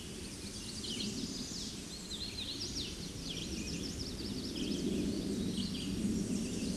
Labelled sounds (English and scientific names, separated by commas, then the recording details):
Hooded Warbler (Setophaga citrina) song
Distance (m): 55 m
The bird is about level with the microphone
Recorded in a Pennsylvania forest on 16 May 2024 at 08:59
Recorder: AudioMoth, point MSD-2040
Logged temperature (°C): 15.3 °C
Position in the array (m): 144 m, 139 m